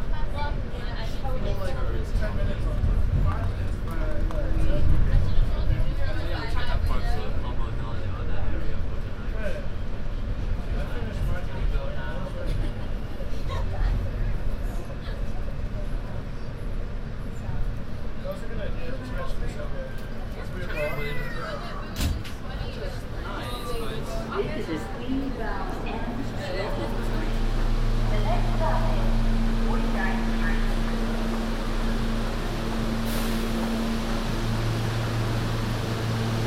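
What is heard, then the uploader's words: Inside a moving subway train, a heavy low rumble runs steadily throughout, with voices talking over the noise. Clanks and squeals from the wheels and track come and go, and after about 26 seconds a steady low hum settles in beneath the ride. A binaural field recording on the N train, from 36th street Brooklyn to 42nd street Manhattan.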